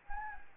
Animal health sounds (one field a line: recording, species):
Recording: mosquito wingbeat signal from an infrared sensor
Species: Anopheles gambiae